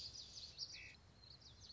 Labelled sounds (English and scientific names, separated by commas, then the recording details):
Common Yellowthroat (Geothlypis trichas)
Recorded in Sonoma County, California